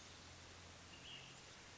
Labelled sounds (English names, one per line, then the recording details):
Ash-throated Flycatcher
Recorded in Sonoma County, California